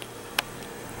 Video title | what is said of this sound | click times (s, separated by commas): Remington 51 disassembly field strip | see how it's locked into place there | 0.4 s